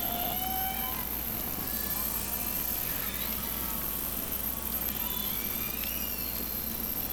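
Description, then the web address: Killer whale calls: faint whistled tones and gliding contours, one steady tone at the start, then wavering sweeps, amid dense underwater hiss and low rumble. Hydrophone recording of transient killer whales at Lime Kiln, Orcasound, 10 April 2012, 06:56:47. "Hydrophone Data 2012 Lime Kiln Transients 120410 orcasound Ave Db 97 04 10 2012 06 56 47"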